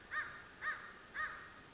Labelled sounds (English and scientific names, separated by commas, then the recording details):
American Crow (Corvus brachyrhynchos)
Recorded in Sonoma County, California